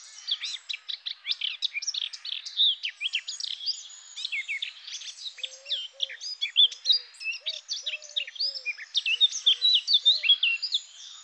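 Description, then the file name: Eurasian blackcap pouring out continuous, busy warbling of high chirps and slurs, with soft low whistled notes in the background. "Fauvette-à-tête-noire"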